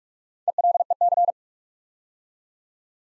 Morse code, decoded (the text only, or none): ELEC